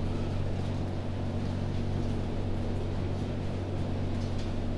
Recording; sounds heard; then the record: poultry house recording; no chicken sound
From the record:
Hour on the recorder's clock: 2